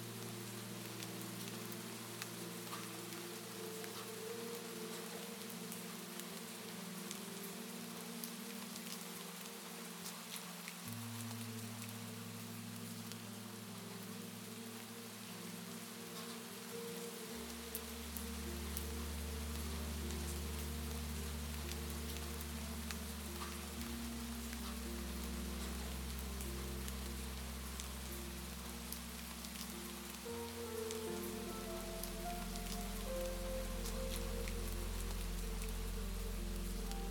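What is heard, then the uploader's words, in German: A calm melody blends with the steady patter of raindrops. Sustained low tones shift every few seconds, deepening and growing fuller after about seventeen seconds, while fine rain ticks continue evenly across the whole clip. Eine beruhigende Melodie, die sich sanft mit den Regentropfen vermischt.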